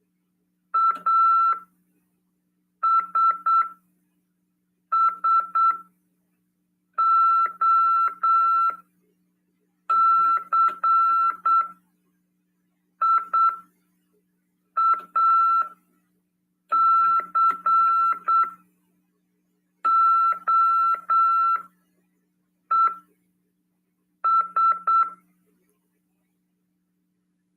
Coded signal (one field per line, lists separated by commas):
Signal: Morse code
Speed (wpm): 8 wpm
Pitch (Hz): 1340 Hz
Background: none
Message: ASSOCIACOES